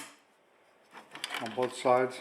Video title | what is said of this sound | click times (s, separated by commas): RYOBI RTS08 Compact 8 1/4" Table Saw from Home Depot | you can hear them click in on | 1.2 s, 1.4 s